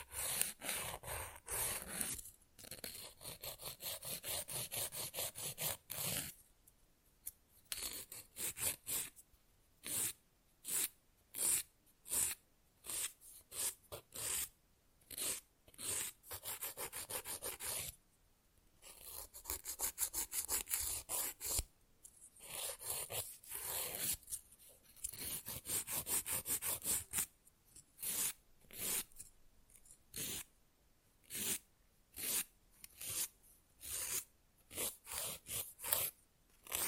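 Fast, rough nail filing in short, close, bright rasping strokes, broken by brief silences, with quicker bursts of choppy strokes in places.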